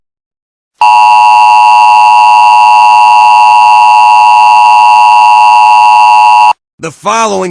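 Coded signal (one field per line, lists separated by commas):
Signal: Emergency Alert System (SAME) tones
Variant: 853 and 960 Hz attention tone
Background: speech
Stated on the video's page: Fictional EAS scenario.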